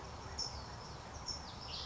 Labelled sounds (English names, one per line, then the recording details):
California Towhee
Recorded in Sonoma County, California